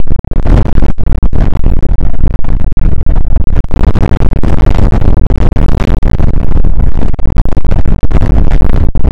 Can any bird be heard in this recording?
no